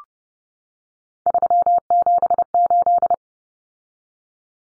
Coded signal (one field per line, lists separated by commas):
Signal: Morse code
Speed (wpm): 30 wpm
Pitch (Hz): 700 Hz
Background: none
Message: 378